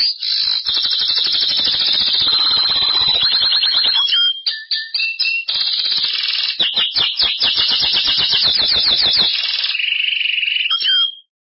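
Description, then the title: Belgian canary song, a long, loud, continuous stream of rapid high trills and rattling phrases with few pauses, changing texture midway. "Canario Belga"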